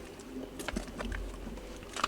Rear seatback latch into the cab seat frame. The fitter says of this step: put it back up just swing it up locks into place super simple